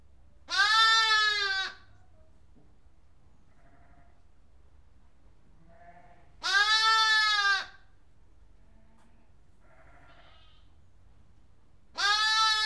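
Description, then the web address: Sheep: a lamb bleating, three loud drawn-out wavering bleats about six seconds apart, the last cut off, with faint soft sounds in between. One lamb bleating in a barn. "BBC Sound Effects Library BBC 35-Livestock. One Lamb Bleating In Barn"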